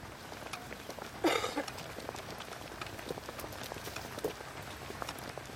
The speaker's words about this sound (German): Wir folgen dem Soldaten. Bei jedem seiner Schritte hört man die Plastikverschalung seines Gewehrs leicht klacken.